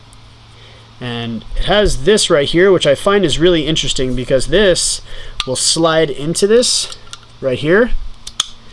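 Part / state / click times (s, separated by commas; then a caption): plug adapter onto USB charger cube / seated / 8.4 s. A wall-plug adapter is slid onto a small USB charger cube for a wireless mic system while someone talks. A sharp snap is heard at 8.4 s as it clicks into place, and the adapter is seated on the cube.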